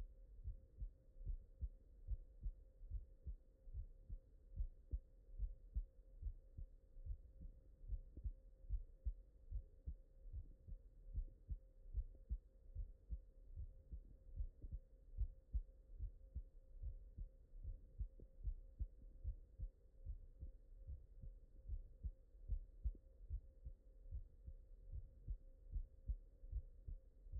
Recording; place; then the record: heart sounds by stethoscope; mitral valve (MV)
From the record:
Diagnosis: non-HFrEF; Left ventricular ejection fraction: 59%